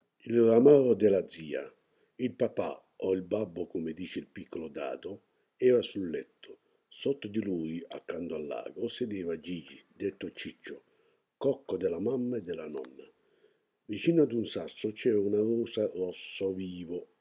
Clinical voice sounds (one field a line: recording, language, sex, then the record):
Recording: read passage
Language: Italian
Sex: male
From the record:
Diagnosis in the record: healthy control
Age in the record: 68 years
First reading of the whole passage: 59 s, 8.7 characters per second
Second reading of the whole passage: 51 s, 9.9 characters per second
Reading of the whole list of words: 42 s, 6.7 characters per second